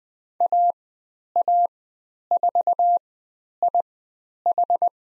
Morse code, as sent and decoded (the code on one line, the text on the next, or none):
.- .- ....- .. ....
AA4IH